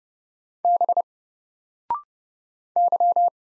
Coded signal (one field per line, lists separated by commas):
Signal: Morse code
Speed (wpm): 30 wpm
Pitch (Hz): 700 Hz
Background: none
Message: B Y